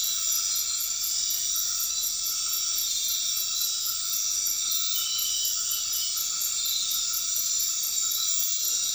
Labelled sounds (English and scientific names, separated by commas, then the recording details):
none
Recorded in dense forest near Puerto Asís, Putumayo, Colombia, on 12 March 2025 at 20:30
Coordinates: 0.500, -76.322
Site GP06